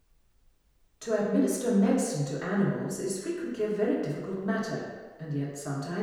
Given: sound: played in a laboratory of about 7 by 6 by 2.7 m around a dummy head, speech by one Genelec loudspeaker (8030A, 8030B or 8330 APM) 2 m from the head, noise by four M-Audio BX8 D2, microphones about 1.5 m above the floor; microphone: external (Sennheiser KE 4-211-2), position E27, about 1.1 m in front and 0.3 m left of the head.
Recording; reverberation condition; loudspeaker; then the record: female speech in English; high; 90 degrees to the left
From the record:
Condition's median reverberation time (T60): about 1300 ms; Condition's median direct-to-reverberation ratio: about -4.0 dB